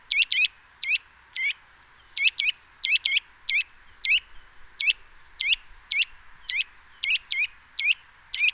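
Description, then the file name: Eurasian nuthatch giving loud, sharp call notes, singly and in quick pairs, repeated steadily throughout. "Sitta europaea"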